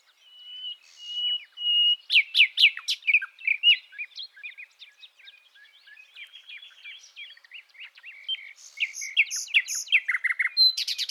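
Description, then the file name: Common nightingale singing a soft whistled note, a loud fast trill, quiet chattering twitters, then a closing burst of rapid sharp notes. "Luscinia megarhynchos"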